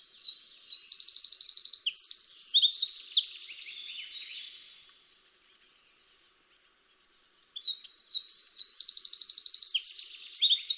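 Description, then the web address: Eurasian wren song in two loud bursts, each a tumbling run of high notes with a fast buzzing trill, separated by several seconds of quiet. "SETE Troglodytes troglodytes"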